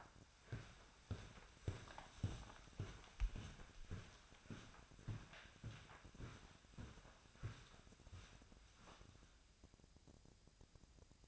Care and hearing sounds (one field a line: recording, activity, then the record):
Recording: daily activity, microphone in the room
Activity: walk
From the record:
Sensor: 2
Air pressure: 1009.2 hPa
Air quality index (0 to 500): 179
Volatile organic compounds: 2 ppm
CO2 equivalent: 1306 ppm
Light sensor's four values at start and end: 48/126/54/60 and 47/121/52/58